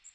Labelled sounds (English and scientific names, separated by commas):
Magnolia Warbler (Setophaga magnolia) flight call